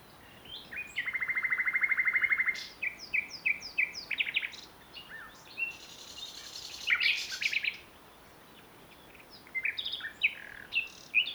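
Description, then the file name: Common nightingale singing a long, dry rattling trill followed by quick, varied phrases of sharp, high notes and fast chirping runs, with brief silences between phrases. "Luscinia megarhynchos"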